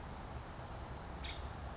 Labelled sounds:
Nuttall's Woodpecker
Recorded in Sonoma County, California

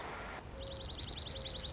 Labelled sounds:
Dark-eyed Junco
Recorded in Sonoma County, California

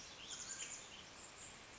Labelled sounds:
Mountain Quail
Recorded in Sonoma County, California

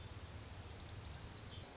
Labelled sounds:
Orange-crowned Warbler
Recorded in Sonoma County, California

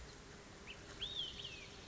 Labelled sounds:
Olive-sided Flycatcher
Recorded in Sonoma County, California

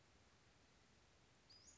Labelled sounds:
Western Flycatcher
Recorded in Sonoma County, California

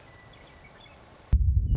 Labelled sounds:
Western Meadowlark
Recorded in Sonoma County, California

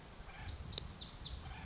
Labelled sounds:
Lazuli Bunting
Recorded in Sonoma County, California

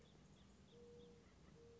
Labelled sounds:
Mourning Dove
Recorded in Sonoma County, California

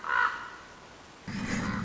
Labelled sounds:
Common Raven
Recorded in Sonoma County, California

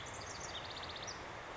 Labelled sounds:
House Wren
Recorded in Sonoma County, California

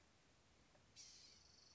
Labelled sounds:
Blue-gray Gnatcatcher
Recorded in Sonoma County, California

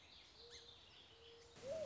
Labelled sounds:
Mourning Dove
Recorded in Sonoma County, California

